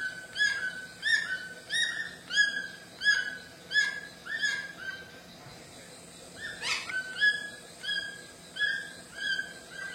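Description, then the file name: White-throated toucan yelping in an even rhythm, a brief pause, one louder rasping note, then the steady yelps resume. "canto do tucano grande de papo branco"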